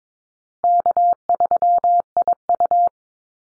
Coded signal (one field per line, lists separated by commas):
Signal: Morse code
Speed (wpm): 22 wpm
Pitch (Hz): 700 Hz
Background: none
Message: K3IU